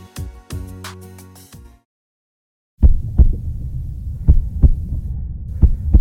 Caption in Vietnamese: Đây là âm thanh của nhịp tim từ một người tài xế xe bus.